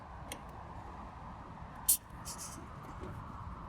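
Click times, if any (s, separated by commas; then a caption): none. A refrigerant charging hose's quick-connect coupler is handled at the low-pressure AC service port of a 2014 Hyundai Sonata during an R134a recharge. Over a steady background hiss, there is a faint tick at 0.3 s and a sharper bright transient at 1.9 s. The clip ends before the coupler goes home, and nothing has seated or clicked yet.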